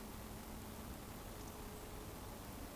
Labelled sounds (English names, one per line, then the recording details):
Eurasian Woodcock whistle
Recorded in Baden-Württemberg, Germany, on 24 June 2020 at 19:40 UTC
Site 14569, 102 m above sea level